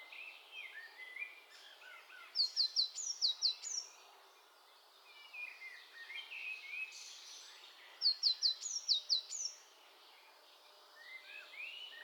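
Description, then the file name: Eurasian blue tit calls, two separate runs of sharp, high, down-slurred notes, each run several notes long, over a busy chorus of other small birds. "Cyanistes caeruleus"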